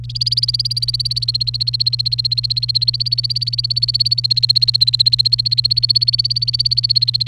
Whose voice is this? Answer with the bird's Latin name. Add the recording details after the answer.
Serinus canaria. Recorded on 29 April 2018 at 13:32. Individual llb3